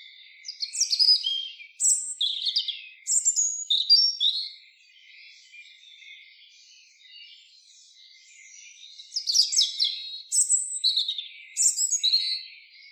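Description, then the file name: European robin song: two bursts of thin, high, varied warbled phrases with sharp trills and sweeping whistles, separated by several seconds of faint twittering. "Erithacus rubecula"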